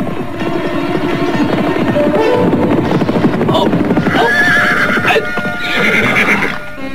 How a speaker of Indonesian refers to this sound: Benar saja, Belum lama Kelana Soka dan Warakinanti pergi, muncullah Ugrawe dan teman-temannya menunggang kuda.